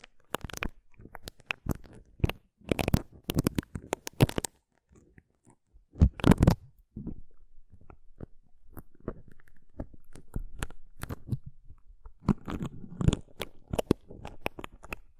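Rough brain cleaning and picking: irregular wet crunches, tearing and squelching clicks in dense bursts, loudest around 3–4, 6 and 13 seconds.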